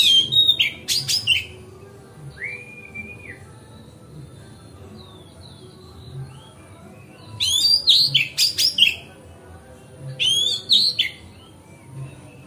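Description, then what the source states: Oriental magpie-robin song in short bursts of rich whistles and harsh chattering notes, with a single arched whistle after the first burst and pauses of several seconds. Song tutoring (masteran), recorded on a terrace.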